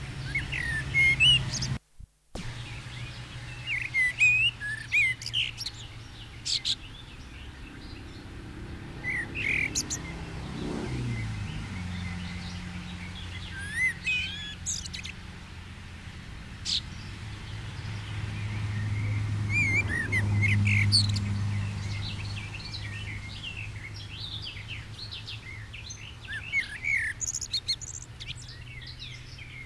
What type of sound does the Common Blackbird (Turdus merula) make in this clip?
song